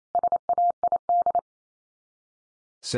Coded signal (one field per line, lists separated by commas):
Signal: Morse code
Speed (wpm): 28 wpm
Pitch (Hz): 700 Hz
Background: none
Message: SAID